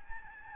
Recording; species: mosquito wingbeat signal from an infrared sensor; Aedes albopictus